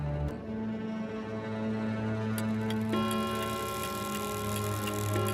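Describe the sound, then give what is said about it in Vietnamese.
A clock chimes midnight: deep, resonant bell tones strike and ring out in long sustained hums, a second strike layering over the first, with faint ticking in the background and no talking. “Đồng hồ điểm 12 giờ đêm.”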